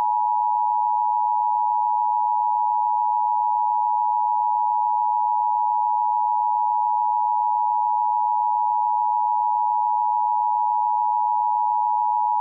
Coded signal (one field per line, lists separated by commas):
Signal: Emergency Alert System (SAME) tones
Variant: 853 and 960 Hz attention tone